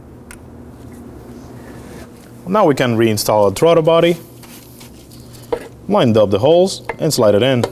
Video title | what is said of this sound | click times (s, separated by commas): How to Replace High Pressure Fuel Pump 2014-2020 Acura MDX 3.5L V6 | Make sure you hear a click. | 0.3 s